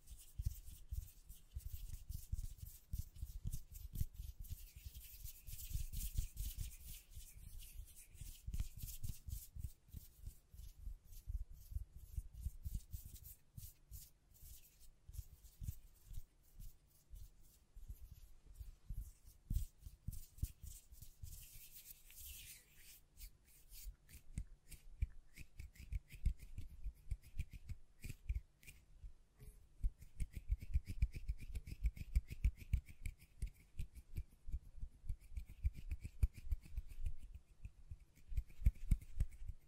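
Hand sounds, tapping and scratching against a microphone, with dense, rapid low thuds throughout and bursts of bright scratchy hiss. The brushing is steady and thick for the first twenty seconds, then turns sparser and more choppy, with crisp high scrapes returning near the end.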